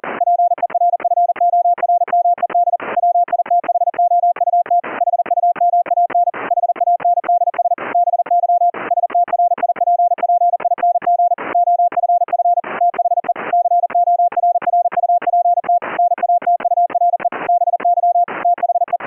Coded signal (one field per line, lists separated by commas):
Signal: Morse code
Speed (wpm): 40 wpm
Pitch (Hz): 700 Hz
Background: none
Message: PERFORMED WITHOUT HUMAN HANDS BY STRIPPING OFF THE CORRUPT NATURE BY THE